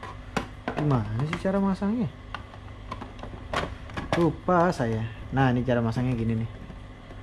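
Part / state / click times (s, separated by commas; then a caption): dashboard strobe light into its mounting bracket / not seated / none. Someone talks while fitting a red Viper S2 16-mode flashing dashboard strobe LED light onto its mounting bracket, with a few short, sharp handling taps. The part has not seated or clicked into the bracket yet.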